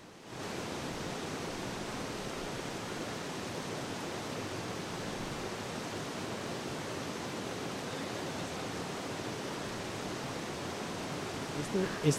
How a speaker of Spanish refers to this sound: Este sonido que parece un ruido blanco que está de fondo es lo que queda del río Pance.